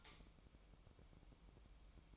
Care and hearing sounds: daily activity, microphone in the room; light off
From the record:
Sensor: 1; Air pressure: 1008.0 hPa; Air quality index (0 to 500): 123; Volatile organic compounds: 2 ppm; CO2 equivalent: 1039 ppm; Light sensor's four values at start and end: 13/40/15/16 and 8/19/8/8

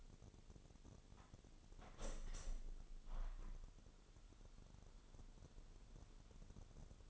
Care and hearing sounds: daily activity, microphone in the room; open window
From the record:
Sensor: 4

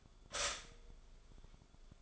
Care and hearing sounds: daily activity, microphone in the room; stop toaster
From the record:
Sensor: 5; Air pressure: 1014.8 hPa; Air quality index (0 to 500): 204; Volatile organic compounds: 9 ppm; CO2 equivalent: 2174 ppm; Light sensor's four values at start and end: 15/35/14/12 and 15/35/14/12

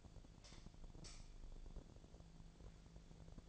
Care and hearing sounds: daily activity, microphone in the room; light on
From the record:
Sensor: 5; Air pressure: 1009.9 hPa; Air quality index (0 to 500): 159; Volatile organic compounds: 4 ppm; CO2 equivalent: 1544 ppm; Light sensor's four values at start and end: 168/427/178/191 and 168/428/178/191

